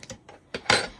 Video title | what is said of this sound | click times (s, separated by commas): Frog or Finish my Crochet WIPs - Finish 5 WIPs Challenge | These ones are the cheaper ones so they don't have the nice click sound. But there you go. | 0.5 s, 0.7 s